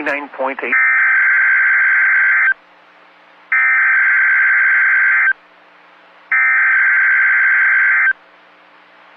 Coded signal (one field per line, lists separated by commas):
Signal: Emergency Alert System (SAME) tones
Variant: header bursts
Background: speech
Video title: Tornado Watch #107 | EAS #592